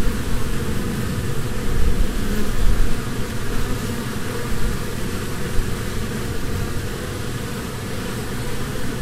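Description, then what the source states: Honey bee swarm humming, a deep steady drone with slight pulsing swells over the whole stretch. Humming of a swarm from a beehive.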